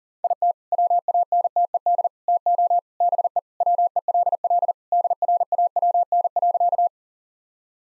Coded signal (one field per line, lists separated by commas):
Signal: Morse code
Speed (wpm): 40 wpm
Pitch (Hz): 700 Hz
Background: none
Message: IT WANTED TO BE WELL DRAWN.